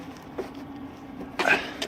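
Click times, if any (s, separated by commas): none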